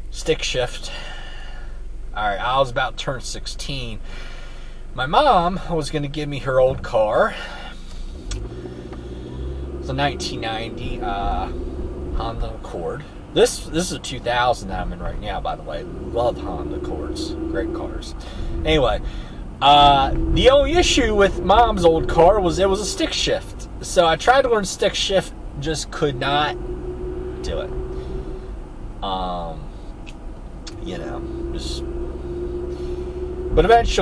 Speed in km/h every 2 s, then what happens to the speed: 0, 0, 0, 0, 5, 24, 31, 29, 34, 32, 37, 39, 35, 37, 35, 34, 37.
0-6 standing. 6-21 pulls away to 39. 21-34 steady at about 35.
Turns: none.